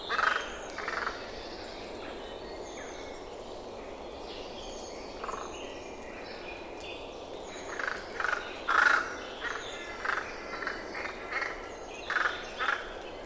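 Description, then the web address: Bird giving scattered rough, hoarse calls, some in quick pairs, while other birds chirp and twitter faintly throughout over steady hiss. "Deverinetal 2025 File origin Bird Only"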